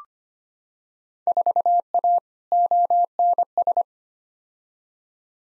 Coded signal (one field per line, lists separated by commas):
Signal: Morse code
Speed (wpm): 25 wpm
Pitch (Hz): 700 Hz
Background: none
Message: 4A ONS